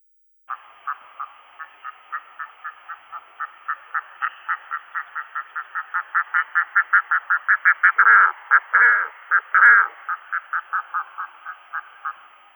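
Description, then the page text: Red-throated loon giving a long series of short, goose-like clucking calls that grow louder toward the last third, then ease off. Recorded in Russia. "Птицы России - Краснозобая гагара (Gavia stellata)"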